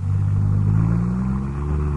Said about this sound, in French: Une voiture. Une Chevrolet. Une voiture américaine.